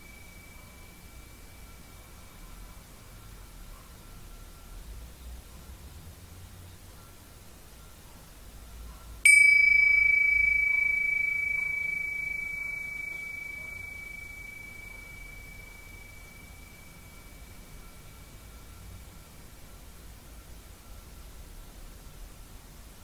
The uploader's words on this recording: Tibetan Singiing Bowl のサウンドヒーリングチャンネル LIVE.